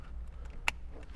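The second of two wiring connectors behind the console of a 2024+ Land Cruiser is plugged into its socket during a Beat-Sonic ENA-3T3 Encore amplifier install. A single sharp, bright click sounds at 0.7 s over a low steady rumble, followed by a faint tap near 1.2 s. The connector is seated.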